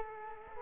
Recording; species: mosquito wingbeat signal from an infrared sensor; Culex quinquefasciatus